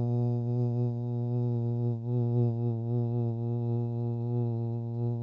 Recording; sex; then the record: sustained vowel /u/; male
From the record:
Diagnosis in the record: Parkinson's disease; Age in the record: 68 years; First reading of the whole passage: 85 s, 6.1 characters per second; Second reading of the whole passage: 63 s, 8.2 characters per second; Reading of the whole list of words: 49 s, 5.8 characters per second